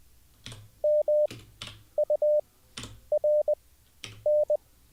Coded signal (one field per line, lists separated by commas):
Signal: Morse code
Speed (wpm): 20 wpm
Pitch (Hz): 600 Hz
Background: none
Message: MURN